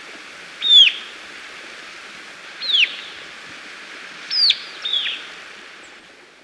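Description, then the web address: White-capped tanager giving high, sharp downslurred notes, single or paired, spaced about two seconds apart over a steady background hiss. Ecuador. "Birds of Ecuador. White-Capped Tanager"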